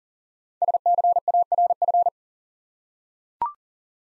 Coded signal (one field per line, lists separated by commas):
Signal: Morse code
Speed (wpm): 40 wpm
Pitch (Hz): 700 Hz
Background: none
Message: SCARF